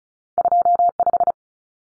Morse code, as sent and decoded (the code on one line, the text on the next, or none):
..--- .....
25